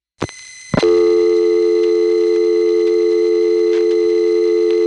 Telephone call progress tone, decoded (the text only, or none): dial tone